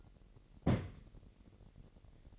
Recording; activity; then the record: daily activity, microphone in the room; place on stove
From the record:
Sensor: 4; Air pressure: 1012.8 hPa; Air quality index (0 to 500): 241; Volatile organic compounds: 4 ppm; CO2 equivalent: 1602 ppm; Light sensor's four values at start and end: 25/59/24/24 and 25/60/24/24